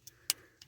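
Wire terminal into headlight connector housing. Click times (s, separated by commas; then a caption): 0.3 s. A high beam wire terminal, its flap pried back out, is pushed into the other side of a plastic headlight connector housing on an 82-92 Camaro being fitted with LED headlights. A faint tick at 0.1 s is followed by a sharp, bright snap at 0.3 s as the terminal seats, then another faint tick near 0.6 s.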